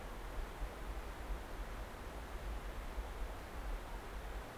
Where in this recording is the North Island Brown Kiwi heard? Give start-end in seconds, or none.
none